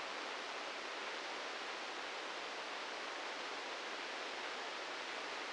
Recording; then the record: brain microelectrode recording played as sound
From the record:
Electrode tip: inside the subthalamic nucleus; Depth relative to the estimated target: -6 mm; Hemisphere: left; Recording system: NeuroSet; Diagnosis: Parkinson's disease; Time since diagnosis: 13 years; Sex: male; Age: 66 years